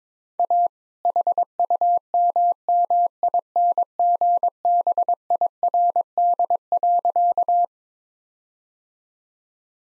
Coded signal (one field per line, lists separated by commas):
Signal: Morse code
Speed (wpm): 22 wpm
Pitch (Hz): 700 Hz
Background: none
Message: A HUMMINGBIRD.